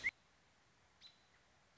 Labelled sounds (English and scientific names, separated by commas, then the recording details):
American Robin (Turdus migratorius)
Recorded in Sonoma County, California